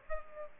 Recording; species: mosquito wingbeat signal from an infrared sensor; Aedes aegypti